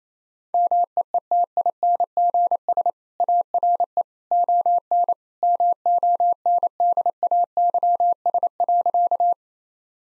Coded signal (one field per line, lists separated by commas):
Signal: Morse code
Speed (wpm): 28 wpm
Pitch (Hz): 700 Hz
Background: none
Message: MEETINGS ARE ON MONDAYS.